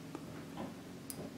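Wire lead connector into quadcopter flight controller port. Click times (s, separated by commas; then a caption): 0.1 s, 1.1 s. Plastic servo-style lead connectors are pushed back into the pin header of a quadcopter's flight controller, seating with two short ticks at 0.2 s and 1.1 s, the second one sharper and louder. Both connectors click into place.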